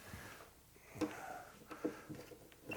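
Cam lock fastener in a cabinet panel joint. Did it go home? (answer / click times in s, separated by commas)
no / none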